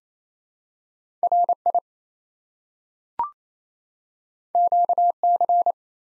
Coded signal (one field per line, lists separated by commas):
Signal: Morse code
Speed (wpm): 28 wpm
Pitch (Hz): 700 Hz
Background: none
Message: RI QC